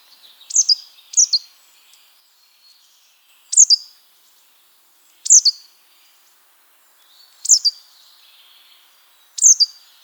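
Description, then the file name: Great tit calls: sharp, high, clipped notes, often paired, repeated at short intervals against a quiet background. "Parus major"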